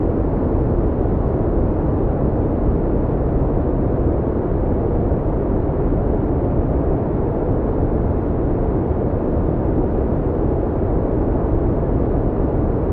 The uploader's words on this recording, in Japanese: 滑らかに調整されたブラウンノイズ。ブラウンノイズは深くて低い音が特徴。